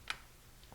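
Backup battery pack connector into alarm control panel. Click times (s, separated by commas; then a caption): 0.1 s. A backup battery pack's plug is pushed into its socket on a 2Gig Go!Control alarm control panel and snaps in with a sharp, loud click at 0.1 s. After that only a faint hum remains, with a soft low thump near the end. The connector is seated.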